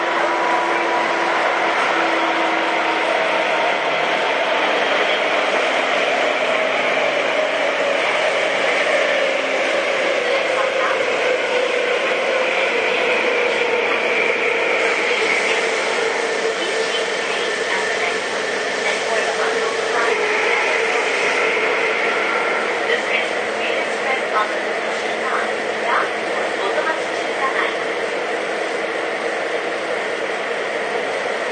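Inside a Tobu 9000 series train running between Kotake-mukaihara and Hiyoshi, the motor sound is intense. A steady, dense roar fills the whole clip, with whining motor tones sliding slowly in pitch as the train speeds up and slows. Brief clicks and rattles appear around the middle and later.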